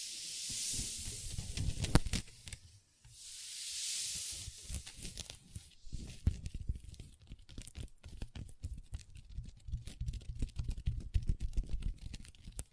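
Long nails tap and scratch on a tabletop. The first four seconds bring hissy scraping swells, with a short silence near three seconds. After that come dense, irregular clicks and taps, growing busier toward the end, with low thuds beneath.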